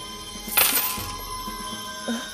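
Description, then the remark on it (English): Gold coins taken from sacks clink together in a bright, jangling cluster as they are counted, their metallic ring lingering and fading, followed a moment later by one softer clink. No voices. “He took out his sacks of gold coins,”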